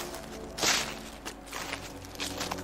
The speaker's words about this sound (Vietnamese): Bỗng tôi nghe đằng sau có tiếng bước chân loạt xòa, loạt xoạt. Ấy cũng đến là lạ, dần dần là trong cái đêm khuya này, cái tiếng bước chân đó nó rõ lắm.